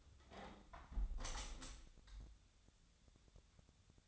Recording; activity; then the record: daily activity, microphone in the room; close window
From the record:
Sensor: 3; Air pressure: 1014.9 hPa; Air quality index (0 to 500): 50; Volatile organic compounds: 1 ppm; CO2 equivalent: 654 ppm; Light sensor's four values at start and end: 9/22/9/9 and 9/22/9/9